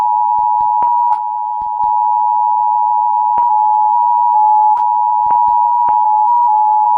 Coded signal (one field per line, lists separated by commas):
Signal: Emergency Alert System (SAME) tones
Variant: 853 and 960 Hz attention tone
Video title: EAS Alarms De Oceanía